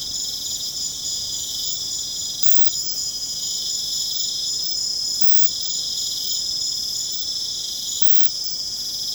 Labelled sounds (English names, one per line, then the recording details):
none
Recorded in pastures near Puerto Asís, Putumayo, Colombia, on 29 June 2025 at 21:00
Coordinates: 0.472, -76.331
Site G095